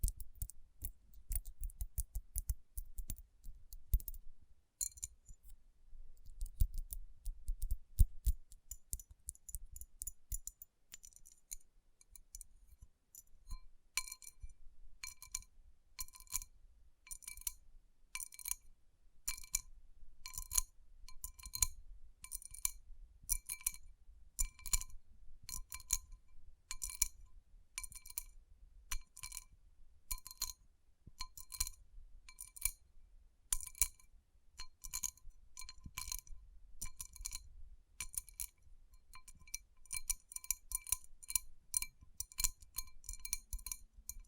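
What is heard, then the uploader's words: Fingers tap and rub rhinestone-covered palms, giving quick bright clicks that turn into a steady, dense, regular pattern after fifteen seconds. Tapping & Rubbing Rhinestone Covered Palms.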